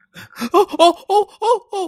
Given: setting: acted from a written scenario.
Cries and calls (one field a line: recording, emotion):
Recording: vocal sound without words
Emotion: positive surprise